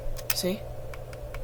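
A magnetic back paddle button is pressed into its little holes on the back of a PS5 DualSense Edge game controller, snapping into place with a sharp click at 0.3 s. Someone talks, and a few fainter ticks follow. The paddle is seated.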